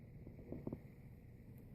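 A pinned part, placed with its pins facing the shroud, is being pressed into its mount in an RX3210 machine. Soft handling knocks and rubs cluster around 0.5 to 0.75 s over a steady low background hiss. Nothing has seated or clicked yet, and no retaining tabs have come out.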